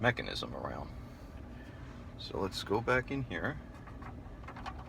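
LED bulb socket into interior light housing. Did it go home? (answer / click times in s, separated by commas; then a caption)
yes / 4.5 s. Someone talks while lining up the tabs of an LED bulb socket with the interior light housing of a Dodge Charger and pushing it in. A faint click at 4.5 s marks the socket seating in the housing, after which it is given an eighth turn to lock it.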